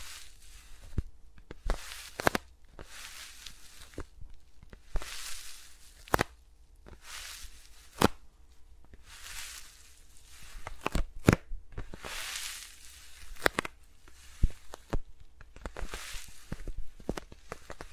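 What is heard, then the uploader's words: ASMR finger sounds with microphones around the fingers and no talking. Soft brushing swishes rise and fade roughly every one to two seconds, broken by sharp clicks and taps scattered throughout, with a low steady hum underneath. ASMR with Mics Around My Fingers (No Talking).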